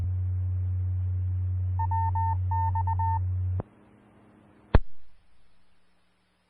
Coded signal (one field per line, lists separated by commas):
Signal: Morse code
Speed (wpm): 20 wpm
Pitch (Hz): 1800 Hz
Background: none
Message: WX E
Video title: 2013-08-03 - Denver Area Skywarn Repeater 146.940 Mhz